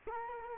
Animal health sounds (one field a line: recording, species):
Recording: mosquito wingbeat signal from an infrared sensor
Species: Culex quinquefasciatus